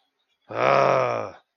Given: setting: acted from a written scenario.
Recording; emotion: vocal sound without words; anger